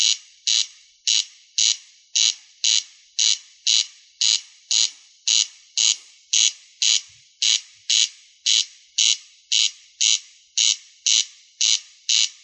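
Rail making a rapid series of harsh, scraping calls, evenly spaced; no other sounds.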